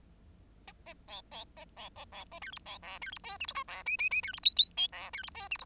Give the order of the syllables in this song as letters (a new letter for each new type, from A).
A A B B A B A B A C D B E C D F G H I E J J J C D K K L E C D F G H